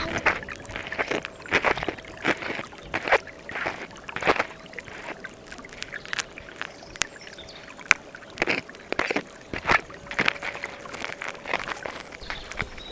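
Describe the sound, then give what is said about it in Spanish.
Water sloshes and splashes in irregular bursts, with sharp little knocks scattered throughout and a faint steady hum underneath; no one speaks. “¿Y el agua se sigue escuchando?”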